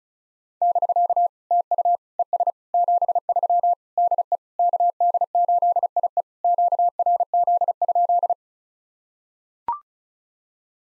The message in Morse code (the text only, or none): <BK> TU ES 73 DE KD8IE QRZ?